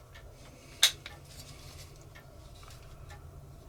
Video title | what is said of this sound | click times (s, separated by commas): Mavic 2 Zoom Rebuild - Test Flight Over Abandoned Village In The Shadow Of A Nuclear Plant. | there that's in you heard it snap in there | 0.8 s